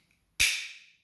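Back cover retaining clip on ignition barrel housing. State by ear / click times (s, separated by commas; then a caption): released / 0.4 s. A flat-head screwdriver twists the third plastic retaining clip free from the back cover of a Ford Falcon ignition barrel housing. After a faint tick near 0.1 s, a sharp, bright snap lands at 0.4 s and its high ring fades out by about 1.0 s. The clip pops free and the cover is released.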